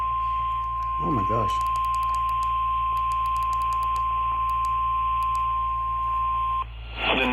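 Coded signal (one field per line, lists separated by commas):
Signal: Emergency Alert System (SAME) tones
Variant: 1050 Hz attention tone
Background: speech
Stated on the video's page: Tornado warning SAME tones relayed by a radio station.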